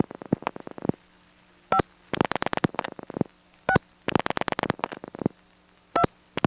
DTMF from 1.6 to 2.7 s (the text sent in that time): 5